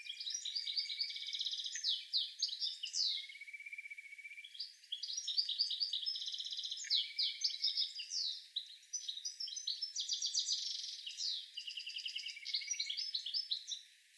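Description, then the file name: European goldfinch song of long tinkling, twittering bouts mixed with buzzy notes and a thin drawn-out whistle, broken by brief pauses. "Carduelis carduelis"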